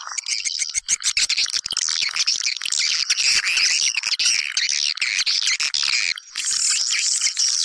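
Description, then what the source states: Many swiftlets chirp and trill together, a shrill, busy twitter broken by brief clicking pulses. Lure sound used to attract swiftlets for nest farming.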